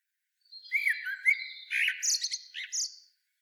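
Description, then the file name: Common blackbird song, a short mellow fluted phrase followed by rapid, shrill twittering squeaks. "Turdus merula"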